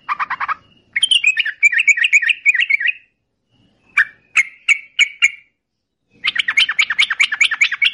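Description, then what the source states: Yellow-vented bulbul song: several rapid bubbling bursts separated by short gaps, with some sharp isolated notes in the middle. Known locally as trucukan; long rapid song style (ropel panjang) used as a masteran tutor recording for songbirds.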